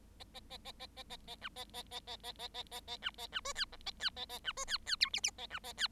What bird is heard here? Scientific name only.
Lonchura striata domestica